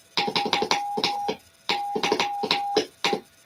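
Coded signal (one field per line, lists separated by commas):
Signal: Morse code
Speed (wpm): 15 wpm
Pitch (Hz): 810 Hz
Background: none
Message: 3 YE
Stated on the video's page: Morse on 40 m from a homebuilt two-transistor CW transceiver, testing for contacts.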